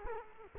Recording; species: mosquito wingbeat signal from an infrared sensor; Culex quinquefasciatus